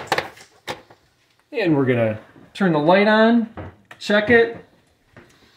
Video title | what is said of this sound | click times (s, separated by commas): Changing Under-Cabinet Tube Lights In Under a Minute #lighting | then I'm going to put the cover back on which also snaps into place | 0.1 s, 0.2 s